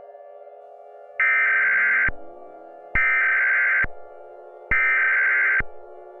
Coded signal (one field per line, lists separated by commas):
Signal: Emergency Alert System (SAME) tones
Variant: header bursts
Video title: Texas EAS Alarm (EF6 scenario)